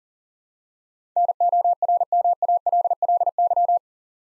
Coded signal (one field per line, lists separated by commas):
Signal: Morse code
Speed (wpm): 38 wpm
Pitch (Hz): 700 Hz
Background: none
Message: NORMALLY